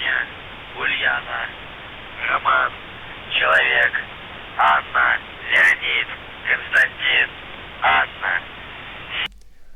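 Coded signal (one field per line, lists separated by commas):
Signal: numbers station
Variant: UVB-76, Russian voice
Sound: a voice reading short separated words over steady radio hiss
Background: radio static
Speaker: No dla mnie to jest zmęczenie dosyć ewidentne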